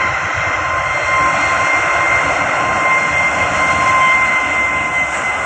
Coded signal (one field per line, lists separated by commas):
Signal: dial-up modem handshake